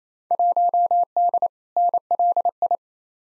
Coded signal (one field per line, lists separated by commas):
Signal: Morse code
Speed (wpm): 27 wpm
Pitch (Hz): 700 Hz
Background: none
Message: 1D NLI